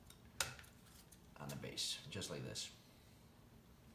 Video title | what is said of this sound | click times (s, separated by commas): UGears U-9 Grand Prix Car Mechanical 3D Wooden Model Kit UTG0031 Assembly Video | and the part kind of locks in place so it's not going to go anywhere squeeze it together | 0.4 s